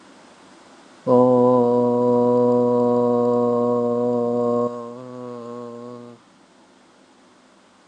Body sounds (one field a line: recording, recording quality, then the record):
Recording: sustained vowel as in boot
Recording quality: excellent, no background noise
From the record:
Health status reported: healthy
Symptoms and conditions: none ticked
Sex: male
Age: 25 years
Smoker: not ticked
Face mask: not worn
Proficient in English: yes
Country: India